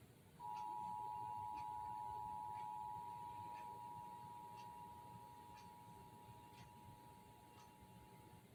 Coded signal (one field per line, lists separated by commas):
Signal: Emergency Alert System (SAME) tones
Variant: 853 and 960 Hz attention tone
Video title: EAS #426: Required Monthly Test - Indiana (7/21/2022) (WXIN)